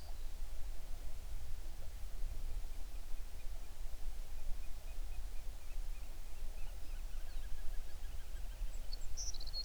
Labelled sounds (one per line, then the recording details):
songbird
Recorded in the Prudhoe Bay oil fields, Alaska, on 11 June 2019 at 05:43
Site 21